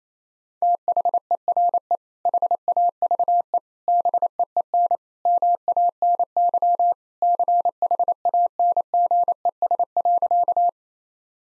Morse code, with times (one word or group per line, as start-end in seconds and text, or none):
0.6-2.0 THERE
2.3-3.6 HAVE
3.9-5.0 BEEN
5.3-6.9 MANY
7.2-10.7 CHANGES.